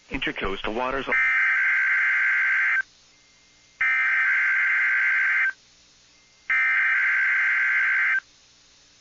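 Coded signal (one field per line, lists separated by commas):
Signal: Emergency Alert System (SAME) tones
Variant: header bursts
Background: speech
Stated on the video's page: Miami NOAA weather radio tornado drill, recorded from an online Broadcastify stream.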